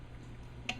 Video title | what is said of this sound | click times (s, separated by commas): How to Disassemble / Reassemble a Crosman 766 / 2100 Pellet / BB Rifle | work it in there and push it and it'll pop into place like | 0.7 s